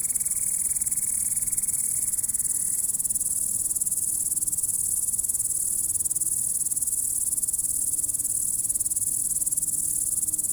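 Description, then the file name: Grasshopper song, an unbroken high sizzling trill with an even pulse throughout, and a faint tone fading out early on. "zvuki kuznechika"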